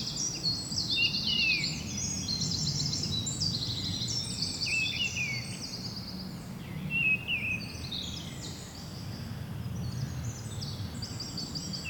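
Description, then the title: Birds twittering in a dense chorus, overlapping high buzzy trills and chirps throughout, low rumbling background noise. Birds ambience recorded at Seneffe, Belgium, with Sony PCM-D100 internal microphones. "Rue du Rossignol 7, 7180 Seneffe, Belgique - Birds ambience"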